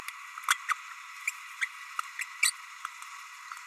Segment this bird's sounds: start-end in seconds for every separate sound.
0.68-0.73, 1.27-1.31, 1.61-1.68, 2.20-2.24, 2.42-2.52